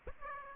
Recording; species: mosquito wingbeat signal from an infrared sensor; Aedes aegypti